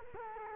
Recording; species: mosquito wingbeat signal from an infrared sensor; Culex quinquefasciatus